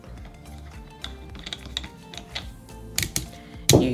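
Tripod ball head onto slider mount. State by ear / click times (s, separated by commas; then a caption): seated / 3.7 s. A ball head is twisted onto the mount of a JOBY Swing electronic motion slider for a phone, with music playing in the background and a few small taps and ticks. It seats with a single sharp click at 3.7 s, showing it is fully in place.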